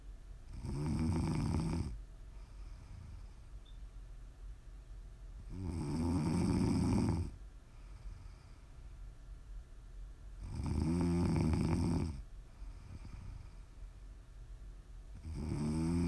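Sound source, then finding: Adult sleeper. Snoring.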